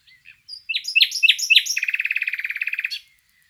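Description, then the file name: Common nightingale song: several loud sweeping notes, then a fast, even rattle of repeated clicks lasting over a second. "Luscinia megarhynchos"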